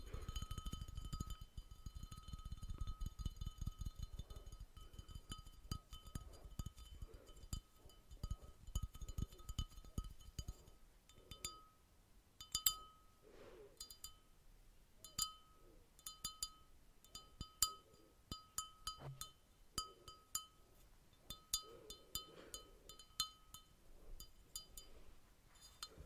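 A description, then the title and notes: Glass is tapped in quick, fairly regular strikes, each leaving a bright ringing tone that hangs on steadily throughout. Early on the taps come thick with a low thumping underneath; after about ten seconds they thin out into sparser, sharper clinks with brief pauses. ASMR Glass Tapping for Sleep.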